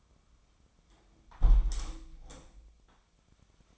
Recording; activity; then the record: daily activity, microphone in the room; close window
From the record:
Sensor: 1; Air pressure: 1006.3 hPa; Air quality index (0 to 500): 207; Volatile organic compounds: 23 ppm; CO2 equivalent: 2779 ppm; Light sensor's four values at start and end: 12/31/12/14 and 11/30/11/13